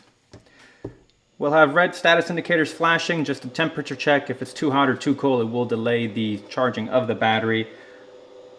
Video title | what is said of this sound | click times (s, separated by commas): Ryobi PCG008 18V 8ah Rapid Charger w/USB-C & USB-A | pretty much just throw your battery in push it down until it clicks | 0.8 s